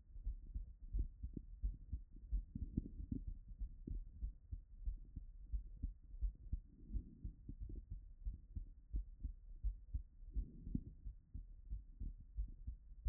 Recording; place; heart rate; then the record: heart sounds by stethoscope; Erb's point; 95 bpm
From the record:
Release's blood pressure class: normal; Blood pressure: 117/66 mmHg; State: after exercise